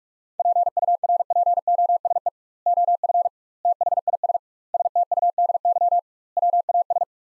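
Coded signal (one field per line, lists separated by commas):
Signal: Morse code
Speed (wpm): 46 wpm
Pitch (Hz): 700 Hz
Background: none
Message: PURPOSE OF THIS STUDY WAS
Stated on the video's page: Morse practice of five-word sets sent at 45 WPM with double word spacing, a word-level analogue of Farnsworth spacing, for head-copy training.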